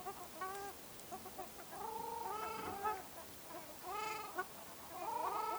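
Ruddy shelduck honking, several loud nasal trumpeting calls, some rising then falling, in clusters separated by short pauses, with softer chatter behind.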